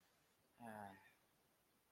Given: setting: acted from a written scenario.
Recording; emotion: vocal sound without words; serenity